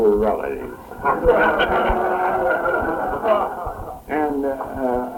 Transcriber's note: laughing